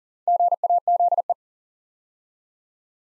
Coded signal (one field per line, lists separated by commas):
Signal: Morse code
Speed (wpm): 39 wpm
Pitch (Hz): 700 Hz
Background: none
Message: GAZE